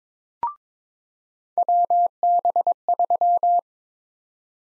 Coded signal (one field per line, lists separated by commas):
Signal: Morse code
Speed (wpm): 22 wpm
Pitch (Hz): 700 Hz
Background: none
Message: WB3